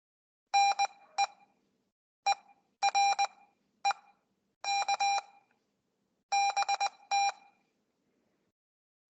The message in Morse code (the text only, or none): NE ERE K BT